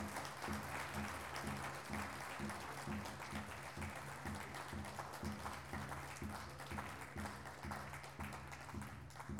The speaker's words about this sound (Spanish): Llamamos a las autoridades, a ver si ya están viniendo. Aplaudamos, a ver, así ya viene.